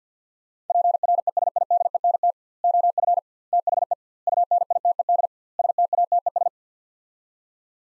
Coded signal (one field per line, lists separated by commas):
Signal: Morse code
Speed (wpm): 50 wpm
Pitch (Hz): 700 Hz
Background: none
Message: PRESIDENT OF THE UNITED STATES